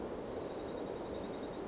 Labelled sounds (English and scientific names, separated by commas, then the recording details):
Dark-eyed Junco (Junco hyemalis)
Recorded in Sonoma County, California